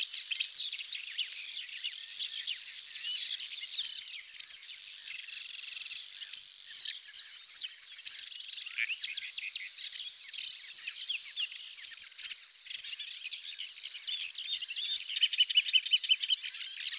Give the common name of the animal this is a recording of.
Paddyfield Warbler